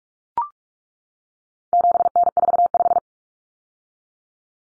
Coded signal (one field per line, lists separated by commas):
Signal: Morse code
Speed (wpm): 44 wpm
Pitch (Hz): 700 Hz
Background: none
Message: 7N45